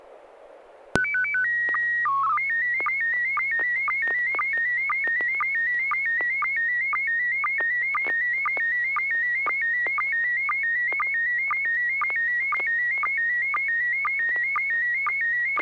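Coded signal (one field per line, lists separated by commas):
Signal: SSTV (slow-scan television)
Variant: PD 120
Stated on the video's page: SSTV net on an FM repeater on 441.300 MHz in Sacramento.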